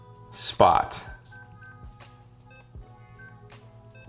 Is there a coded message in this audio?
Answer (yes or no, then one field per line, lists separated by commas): no